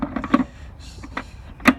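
A plastic battery pack is lined up and pushed into the battery bay of a Toro 20363 battery-powered mower, then the top is closed. A few short plastic knocks lead to a sharp click at 0.4 s, another brief tap follows, and a final loud click lands at 1.7 s. The pack is seated.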